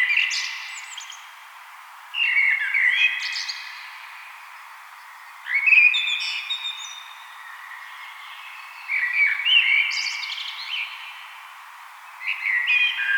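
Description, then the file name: Common blackbird singing several rich, fluty phrases about three to four seconds apart, most closing with high scratchy chatter. "Turdus merula"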